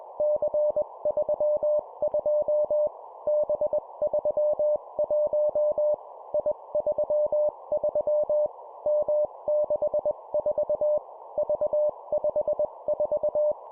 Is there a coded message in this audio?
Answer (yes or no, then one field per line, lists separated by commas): yes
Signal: Morse code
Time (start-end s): 0.2-13.5 s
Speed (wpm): 21 wpm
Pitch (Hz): 600 Hz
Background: none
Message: C32 B31 I33 M64 V54